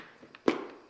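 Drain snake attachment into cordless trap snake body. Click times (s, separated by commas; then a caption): 0.5 s. A separately bought drain snake attachment is pushed onto the body of a cordless trap snake during assembly. A faint tap sounds at 0.3 s, then a sharp click at 0.5 s that fades out over the next few tenths of a second. The attachment locks into place.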